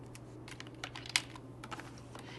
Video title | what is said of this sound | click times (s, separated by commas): FLAVIA FUSION Deluxe Demo | then you shut the door and when you shut the door you hear it snap you hear another snapping noise and what that is | 1.2 s